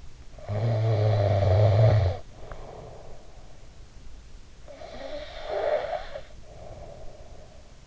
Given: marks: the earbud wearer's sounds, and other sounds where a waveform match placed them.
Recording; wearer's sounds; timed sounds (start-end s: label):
sounds in sleep by an in-ear microphone; snoring breath, breath
0.37-3.64 s: snoring breath
4.57-7.87 s: breath